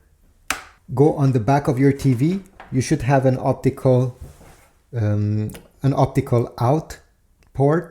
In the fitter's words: Simply connect one end of this cable. You should hear it click.